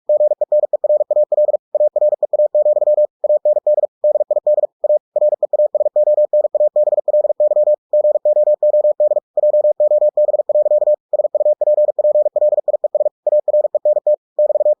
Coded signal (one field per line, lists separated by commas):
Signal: Morse code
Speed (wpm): 46 wpm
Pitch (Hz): 600 Hz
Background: none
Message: GENERAL AREA, AND DID A REASONABLY GOOD JOB. SUPPLIES ARENT <BT>